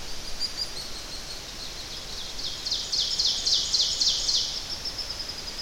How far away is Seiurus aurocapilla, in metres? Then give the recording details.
about 35 m. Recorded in boreal forest in Alberta, Canada, on 10 June 2016 at 08:57. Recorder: SongMeter 3, array SBT-3-39. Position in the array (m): 212 m, 176 m. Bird 17